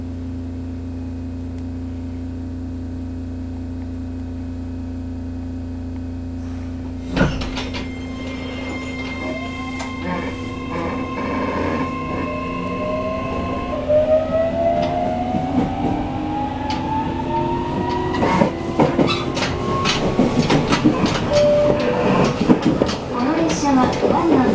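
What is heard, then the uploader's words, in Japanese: Running sound of a 303 series train: a steady low hum, then a jolt near seven seconds as rising motor whine and rattling clatter build. 次はｱﾀｴ、↑ｱ↑ﾀｴです。(+303系K03編成走行音)。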